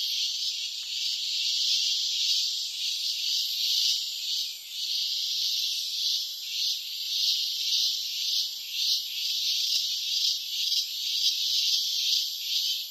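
Cicada song, a continuous high, shrill buzz throughout, with no other clear sounds.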